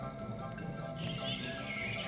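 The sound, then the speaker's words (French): A bird chirps and twitters in quick, high-pitched warbles over a steady low background hum, the calls growing more continuous in the second half. “Ainsi que j'entends cet oiseau qui pépille, je ne puis faire autrement que de penser « Cela a duré une seconde.”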